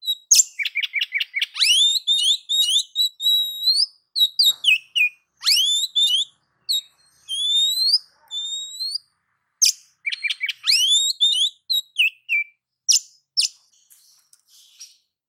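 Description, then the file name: Oriental magpie-robin singing continuously for about fifteen seconds: rapid chip series, upward-sweeping whistles and warbled high phrases, with brief pauses between phrases. "Suara-Kacer-Versi-7"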